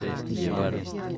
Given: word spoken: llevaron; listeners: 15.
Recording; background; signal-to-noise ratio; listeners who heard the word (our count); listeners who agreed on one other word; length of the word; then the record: one Spanish word in noise, from a listening test; eight-talker babble; -1.1 dB; 0 of 15; 10 of 15; 0.78 s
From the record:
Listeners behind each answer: 10, 1, 1, 1, 1, 1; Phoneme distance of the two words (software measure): 14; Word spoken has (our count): 3 syllables, 7 phonemes, stress on syllable 2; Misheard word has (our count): 2 syllables, 5 phonemes, stress on syllable 2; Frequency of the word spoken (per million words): 29.41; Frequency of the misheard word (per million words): 116.66